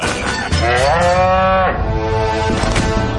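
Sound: cow mooing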